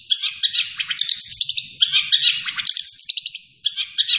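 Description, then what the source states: Long-tailed shrike singing a fast, jumbled medley of harsh chirps and buzzy trills, the phrases tumbling quickly into one another. Singing vigorously, described as gacor.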